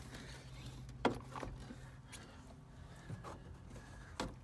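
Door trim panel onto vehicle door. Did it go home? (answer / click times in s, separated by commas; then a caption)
no / none. A plastic door card is being handled and pushed onto the door of a 500,000-mile Ford Ranger truck, where its L-shaped hooks and clips are meant to seat. Brief sharp knocks around 1.1 s and 4.2 s stand out over low rustling handling noise and a steady low hum. The panel has not yet snapped on; nothing has seated or clicked yet.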